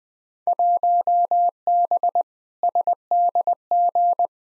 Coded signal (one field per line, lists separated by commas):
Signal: Morse code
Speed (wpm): 20 wpm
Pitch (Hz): 700 Hz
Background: none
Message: 1B SDG